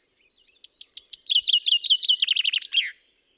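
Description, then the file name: Common chaffinch song: a fast cascade of chipping notes falling in pitch by stages, finishing with a short downward flourish. "Fringilla coelebs"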